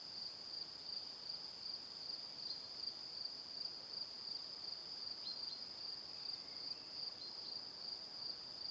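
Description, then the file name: Cricket chirping in a steady, high-pitched pulsing song, short chirps repeating rapidly, about three a second, over a soft hiss. Evening. "Calm - Evening Crickets"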